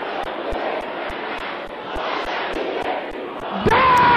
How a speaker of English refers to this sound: everybody will shout this loud and clear. Every power that wants to waste my life. What are you waiting for? Can I hear you shouting loud and clear?